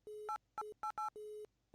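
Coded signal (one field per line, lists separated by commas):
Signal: DTMF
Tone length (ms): 120 ms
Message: 8888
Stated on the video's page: Sound from a 1997 DOS music festival management sim game.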